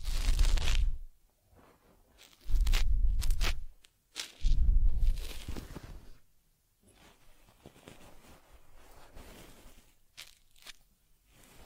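Fur combing on a teddy bear: three heavy, rough bursts of scratchy rubbing at about 0, 2.5 and 4.5 seconds, each lasting around a second, with a deep thumping undertone. After six seconds the sound turns soft and brushy, with a couple of sharp bright flicks near ten seconds.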